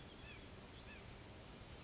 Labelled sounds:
Chestnut-backed Chickadee
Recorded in Sonoma County, California

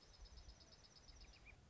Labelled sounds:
Dark-eyed Junco
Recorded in Sonoma County, California

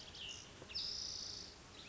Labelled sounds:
Spotted Towhee
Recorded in Sonoma County, California

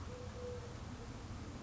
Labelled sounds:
Eurasian Collared Dove
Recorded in Sonoma County, California

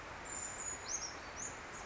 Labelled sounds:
Brown Creeper
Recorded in Sonoma County, California

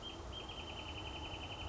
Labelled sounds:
Wrentit
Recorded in Sonoma County, California

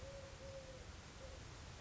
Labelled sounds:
Eurasian Collared Dove
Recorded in Sonoma County, California

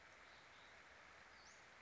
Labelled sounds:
Western Flycatcher
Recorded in Sonoma County, California

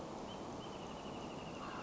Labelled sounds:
Wrentit
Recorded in Sonoma County, California

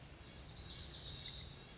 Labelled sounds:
Lazuli Bunting
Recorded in Sonoma County, California

